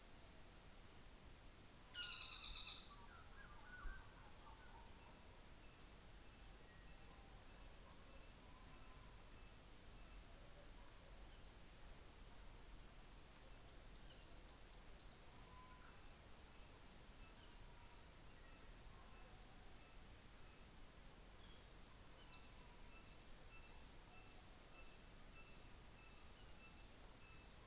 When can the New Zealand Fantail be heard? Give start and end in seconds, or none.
none